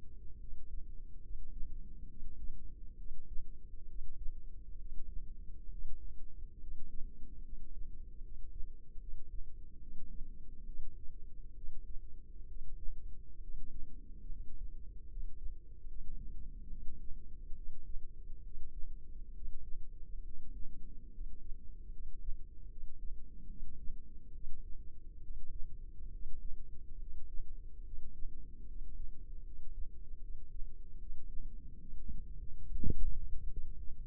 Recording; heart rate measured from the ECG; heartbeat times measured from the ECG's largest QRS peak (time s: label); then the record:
heart sounds by microphone in the left ear; 71 bpm
0.38 s: heartbeat
1.20 s: heartbeat
2.06 s: heartbeat
2.95 s: heartbeat
3.85 s: heartbeat
4.76 s: heartbeat
5.68 s: heartbeat
6.58 s: heartbeat
7.41 s: heartbeat
8.20 s: heartbeat
8.98 s: heartbeat
9.78 s: heartbeat
10.64 s: heartbeat
11.53 s: heartbeat
12.46 s: heartbeat
13.39 s: heartbeat
14.26 s: heartbeat
15.06 s: heartbeat
15.85 s: heartbeat
16.67 s: heartbeat
17.53 s: heartbeat
18.41 s: heartbeat
19.31 s: heartbeat
20.22 s: heartbeat
21.10 s: heartbeat
21.89 s: heartbeat
22.67 s: heartbeat
23.46 s: heartbeat
24.31 s: heartbeat
25.19 s: heartbeat
26.09 s: heartbeat
26.97 s: heartbeat
27.82 s: heartbeat
28.64 s: heartbeat
29.42 s: heartbeat
30.19 s: heartbeat
30.97 s: heartbeat
31.78 s: heartbeat
32.64 s: heartbeat
33.48 s: heartbeat
From the record:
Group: healthy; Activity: rest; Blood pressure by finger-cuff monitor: 120/61 mmHg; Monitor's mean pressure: 77 mmHg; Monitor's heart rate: 71 bpm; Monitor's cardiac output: 5.9 L/min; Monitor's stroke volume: 83 mL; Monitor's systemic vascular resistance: 940 dyn s/cm5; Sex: female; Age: 32 years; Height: 168 cm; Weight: 61.9 kg